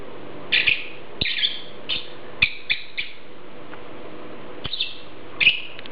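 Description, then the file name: Lovebird calls: harsh, squeaky chirps in short irregular groups separated by pauses, accompanied by faint clicks. "Prostaya fauna Golosa ptic - Nerazluchniki lat Agapornis"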